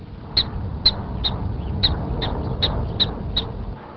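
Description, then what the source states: Prairie dog alarm barks, sharp high chirp-like yips repeated about every half second, eight in quick succession over a low rumbling background. High-pitched barking serves as a warning signal that danger is approaching.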